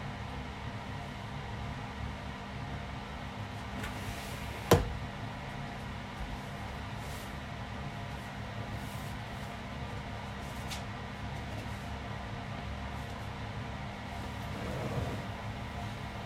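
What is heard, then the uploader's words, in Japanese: Tidying up and rearranging a desk and sofa, under a steady low hum that runs throughout. A single sharp knock lands just before the five-second mark, a faint tap follows around eleven seconds, and a soft scraping swell rises near the end. 掃除と片付け。机とソファの位置を変える。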